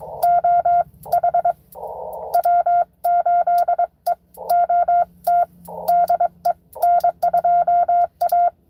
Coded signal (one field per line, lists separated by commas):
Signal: Morse code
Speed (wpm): 23 wpm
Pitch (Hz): 700 Hz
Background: none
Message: OH W8EOT DE N2A